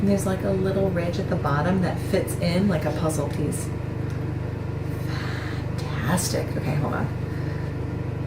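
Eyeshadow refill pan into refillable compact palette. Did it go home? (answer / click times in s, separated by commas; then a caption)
no / none. A MOB Beauty eyeshadow refill pan is pressed into a magnetic refillable compact palette, where a ridge at its bottom fits in like a puzzle piece. Someone talks over a steady low hum. No click is heard, and the pan has not clicked into place.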